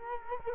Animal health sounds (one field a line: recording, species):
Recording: mosquito wingbeat signal from an infrared sensor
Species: Culex quinquefasciatus